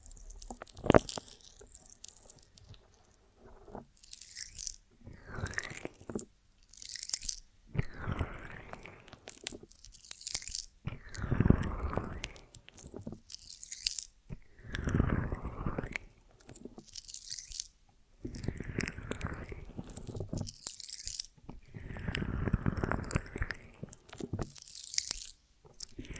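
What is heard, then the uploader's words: Honeycomb on a branch being bitten and chewed, with a run of wet, sticky crunches that come in bursts every few seconds. Each bite brings a dense, crackling chew that fades before the next one. Short quiet gaps separate the bites. ASMR of a Honeycomb on Branch (No Talking).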